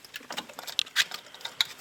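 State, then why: Not seated. The widest plug of the engine wiring harness is handled at the air flow meter of the intake system on a Porsche 911 G Carrera 3.2, while the intake tract is being sealed. Light plastic ticks and rattles are heard, with sharp clicks at about 0.8 s and 1.6 s. Nothing has seated or clicked home yet.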